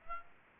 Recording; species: mosquito wingbeat signal from an infrared sensor; Aedes aegypti